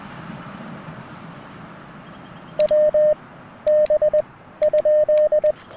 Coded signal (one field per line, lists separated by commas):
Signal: Morse code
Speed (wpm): 20 wpm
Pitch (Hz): 590 Hz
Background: radio noise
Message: WB?